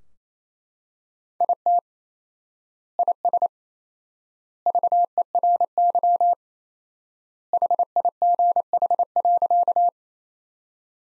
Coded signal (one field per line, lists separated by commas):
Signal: Morse code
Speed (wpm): 28 wpm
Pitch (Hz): 700 Hz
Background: none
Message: IT IS VERY HIGH.